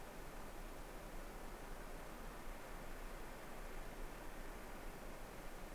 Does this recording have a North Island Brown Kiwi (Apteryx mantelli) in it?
no